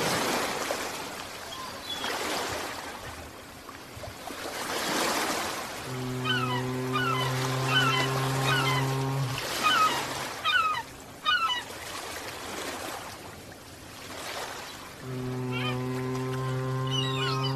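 Ocean waves surge and wash in repeated swells, rising and falling every few seconds. A long, low honking drone sounds from about six to nine seconds and returns near the end, while short chirping bird calls flicker above.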